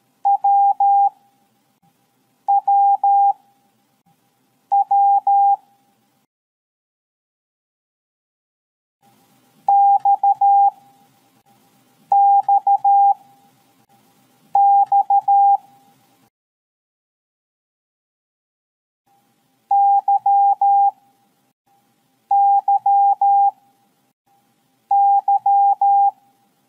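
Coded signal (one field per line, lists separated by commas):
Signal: Morse code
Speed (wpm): 13 wpm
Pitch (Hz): 800 Hz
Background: none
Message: WWW XXX YYY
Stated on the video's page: Morse code letter sounds A–Z played one at a time as a practice exercise, each paired with a mnemonic.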